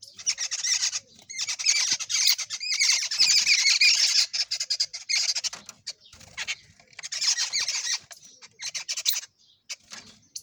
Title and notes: Bird Sound Effects पक्षी लगता है. lots of different bird sounds